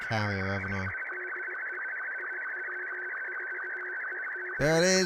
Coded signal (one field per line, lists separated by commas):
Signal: SSTV (slow-scan television)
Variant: Martin 2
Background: speech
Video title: Scanning the airwaves with the SDR